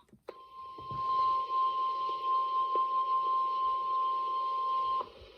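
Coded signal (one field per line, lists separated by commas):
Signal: Emergency Alert System (SAME) tones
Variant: 1050 Hz attention tone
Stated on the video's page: Real alerts including severe thunderstorm warnings with large polygons, triple headers, and an unexpected tornado warning.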